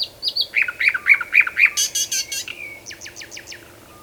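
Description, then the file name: Common nightingale phrase of rapid repeated chuckling notes, a loud dry rattle, then a short series of thin whistles. "Luscinia megarhynchos"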